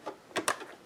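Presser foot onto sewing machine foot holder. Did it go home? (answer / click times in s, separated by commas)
yes / 0.4 s, 0.5 s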